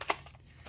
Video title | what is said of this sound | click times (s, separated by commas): Snaptain SP500 Foldable GPS Drone Stable Flyer! | snaps in place | 0.0 s, 0.1 s